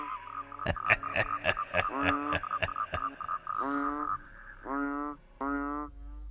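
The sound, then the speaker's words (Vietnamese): Frogs croak in a pond beside a cemetery: a rapid run of sharp, rattling clicks gives way to several long, buzzy, mid-pitched croaks in separate bursts, steady and fairly loud over a low background hum. “Trong không gian im ắng, chỉ còn lại tiếng cười khùng khục của người kia và tiếng ếch nhái vẫn cứ râm ran ở cái đìa ngay bên cạnh nghĩa địa.”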